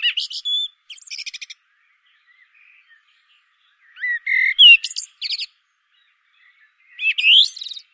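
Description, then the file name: Common blackbird song: several short phrases of mellow fluting notes and high squeaky twitters, with pauses between. "Turdus merula"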